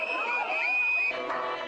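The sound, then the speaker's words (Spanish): A protest crowd of sex workers shouts together, demanding to be allowed to work on the street, while a shrill whistle blows a long, steady high note through the din. The noisy, sustained babble stays loud from start to finish. “A gritos las prostitutas piden que las dejen trabajar en la calle y defienden sus derechos.”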